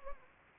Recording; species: mosquito wingbeat signal from an infrared sensor; Anopheles gambiae